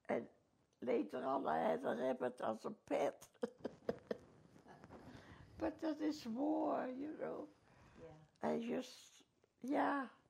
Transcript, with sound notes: And later on I have a rabbit as a pet. (laughs) But that is war, you know.
Yeah.
I just, yeah.